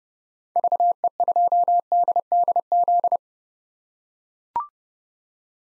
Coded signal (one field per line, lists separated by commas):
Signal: Morse code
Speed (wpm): 30 wpm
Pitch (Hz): 700 Hz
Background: none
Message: VE2DDZ